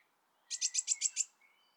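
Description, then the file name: Eurasian blue tit uttering one quick run of six buzzy, scolding notes, evenly spaced and lasting under a second. "Cyanistes caeruleus"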